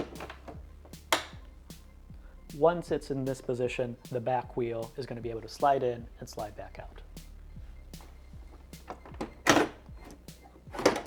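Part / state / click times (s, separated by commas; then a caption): sliding rear wheel arm locking into a folding scooter frame / not seated / none. Someone talks over background music while handling the sliding rear wheel arm of a Honda Motocompacto folding scooter, which locks into the frame when extended, with scattered knocks and thunks as the part is moved. Nothing has seated or clicked yet; the arm must click to lock, or the control panel flashes a warning and the throttle will not work.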